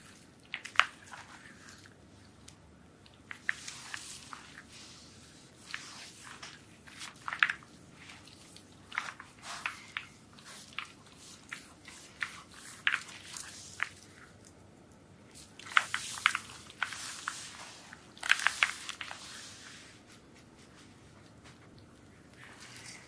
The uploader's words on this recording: ASMR soap massage with relaxing sounds.